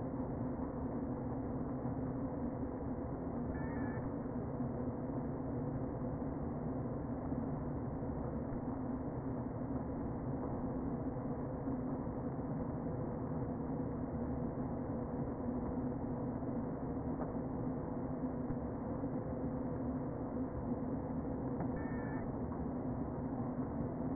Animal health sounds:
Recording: honeybee colony, microphone inside the hive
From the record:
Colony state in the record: queen present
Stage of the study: before two queens were removed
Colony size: about 60,000 bees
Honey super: yes

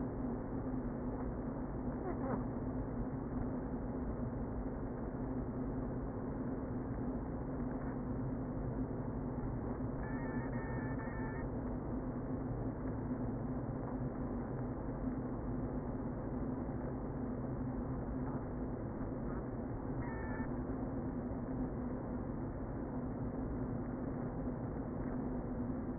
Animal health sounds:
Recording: honeybee colony, microphone inside the hive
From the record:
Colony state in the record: queen present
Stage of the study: before two queens were removed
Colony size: about 60,000 bees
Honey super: yes

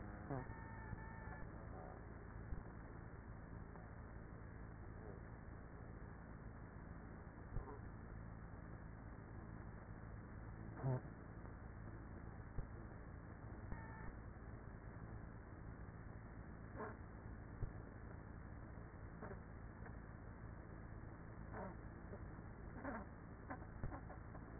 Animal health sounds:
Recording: honeybee colony, microphone inside the hive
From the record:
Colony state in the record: queenless with a low population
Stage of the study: after two queens were removed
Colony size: about 30,000 bees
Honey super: no

